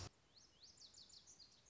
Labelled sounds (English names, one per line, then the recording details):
Lazuli Bunting
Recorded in Sonoma County, California